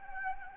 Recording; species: mosquito wingbeat signal from an infrared sensor; Anopheles gambiae